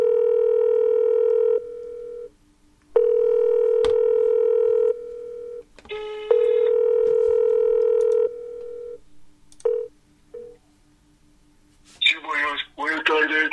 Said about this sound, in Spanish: Bueno, señores, vamos a marcar un teléfono ahora, que este teléfono no podemos desvelarlo porque también es de un personaje famoso, y vamos a ir marcando, ¿eh?